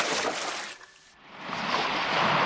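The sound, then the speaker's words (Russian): Surf washes onto a wide pebble beach in a broad, hissing rush that briefly ebbs to a quiet lull, then swells back up loud and steady. No voices. “Перед ним открывается панорамный вид с широкой полосой пляжа. Галечный пляж.”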